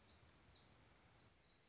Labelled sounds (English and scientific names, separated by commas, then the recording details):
Black-throated Gray Warbler (Setophaga nigrescens)
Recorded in Sonoma County, California